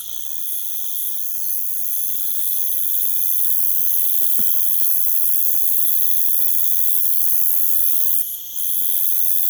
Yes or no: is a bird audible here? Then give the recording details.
no. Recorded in pastures near Puerto Asís, Putumayo, Colombia, on 25 June 2025 at 01:00. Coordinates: 0.487, -76.322. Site H26